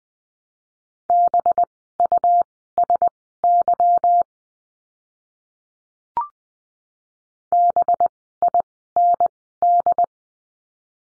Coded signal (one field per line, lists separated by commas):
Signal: Morse code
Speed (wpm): 20 wpm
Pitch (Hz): 700 Hz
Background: none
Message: BUSY BIND